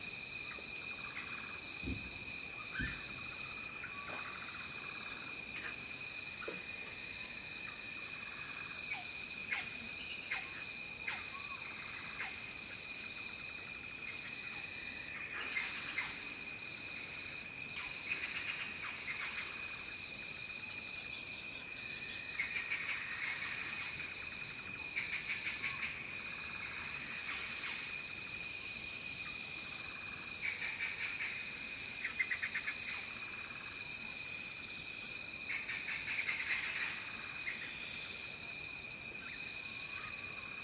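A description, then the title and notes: Along a remote river in western Madagascar, a steady high insect drone runs throughout while scattered bird chirps and calls come and go. Sounds of Madagascar - Afternoon by the Manambolo river. The soundscape here is beautiful and varied, with lovely reflections from the canyon walls.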